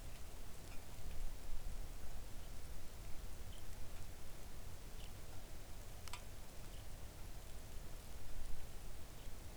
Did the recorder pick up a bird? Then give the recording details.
yes. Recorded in the Arctic National Wildlife Refuge, Alaska, on 3 August 2019 at 05:54. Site 41